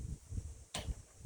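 The rubber spark plug boot on an Echo SRM 230 string trimmer is twisted and pulled off the spark plug terminal. After low, rumbling handling noise, it resists and then pops off with a sharp, bright hit at 0.7 s, followed by more low handling sounds. The boot comes free of the plug.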